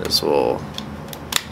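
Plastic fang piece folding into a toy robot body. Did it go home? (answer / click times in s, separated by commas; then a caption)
yes / 1.4 s. Plastic fang pieces on a combining toy robot are folded up into position while someone talks. A fainter tick comes at 1.1 s, then a sharp click at 1.4 s as a fang piece snaps into place in the robot body, seated.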